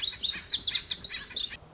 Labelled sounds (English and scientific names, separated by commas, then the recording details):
Lazuli Bunting (Passerina amoena)
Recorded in Sonoma County, California